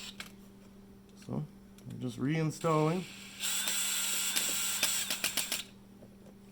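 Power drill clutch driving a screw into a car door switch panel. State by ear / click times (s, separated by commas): torque reached / 4.4 s, 4.8 s, 5.1 s, 5.2 s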